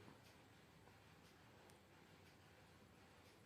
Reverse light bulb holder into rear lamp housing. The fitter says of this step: So male lock கரெக்டாக இருக்குது, கீழ் லாக்கு தான் கொஞ்சம் பிடிக்க மாட்டேங்குது.